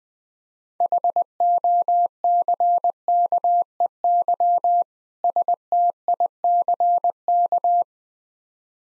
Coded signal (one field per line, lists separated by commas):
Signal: Morse code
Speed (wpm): 20 wpm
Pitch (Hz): 700 Hz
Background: none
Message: HOCKEY STICK